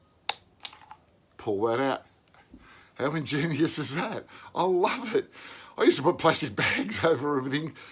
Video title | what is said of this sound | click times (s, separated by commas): Hardwax Oils my View part 2 of 3 | it back into the container again like so listen for click | 0.3 s